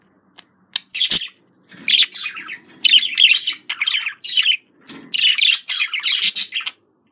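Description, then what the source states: Budgerigar warbling: bursts of buzzy, scratchy chatter broken by short pauses, with a few sharp clicks near the start. Described as a budgerigar love sound.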